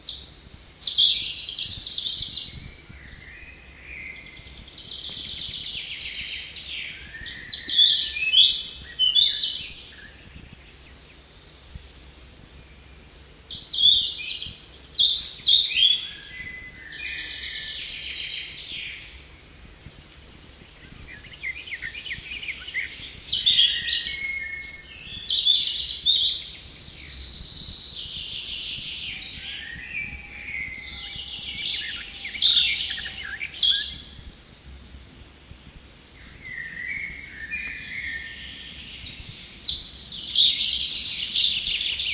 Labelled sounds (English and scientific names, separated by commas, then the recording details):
European Robin (Erithacus rubecula) song
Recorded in the wild
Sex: male
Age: adult
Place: Lauterbach/Goor, Insel Rügen, Mecklenburg-Vorpommern, DE
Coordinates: 54.3428, 13.5133
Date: 1979-06-23 10:18
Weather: overcast, 18°C
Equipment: ITT Schaub-Lorenz Studio Recorder 72, Verstärker, MD 421 HL, Reflektor, Kopie Uher 4200 Report
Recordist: Tembrock, Günter